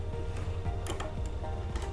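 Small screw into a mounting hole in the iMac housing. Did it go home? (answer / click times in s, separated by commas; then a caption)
no / none. A small screw is driven into a mounting hole in the housing of an old iMac, fixing a part while the iMac is converted into a monitor. Faint ticks come at about 0.9, 1.0 and 1.8 s over a steady low hum and music. The screw spins freely without gripping, the hole is stripped, and nothing has seated or clicked yet.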